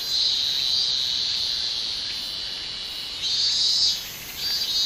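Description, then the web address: Minmin cicada song, a steady high-pitched buzzing drone that swells into louder pulsing phrases near the end. "shamanippon-2012 a minminzemi"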